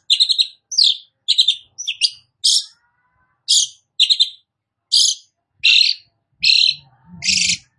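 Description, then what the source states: Long-tailed shrike song made of harsh, scratchy notes in a spaced series, ending with a longer raspy note and slight low noise. Described as gacor, singing actively.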